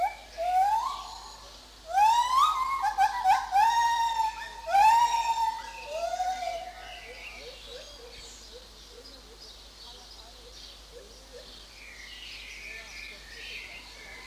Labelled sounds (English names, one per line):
Lar Gibbon